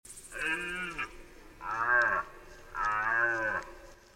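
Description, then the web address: Red deer roars: three drawn-out, hoarse, lowing calls, each under a second long, with short pauses between them, over a quiet background. Deer in primeval forest. "Tajemnice puszczy Jelen"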